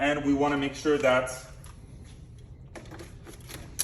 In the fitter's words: your electric hose clicked in at 100 now the electric hose needs to go in properly